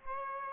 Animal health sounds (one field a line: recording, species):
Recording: mosquito wingbeat signal from an infrared sensor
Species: Aedes aegypti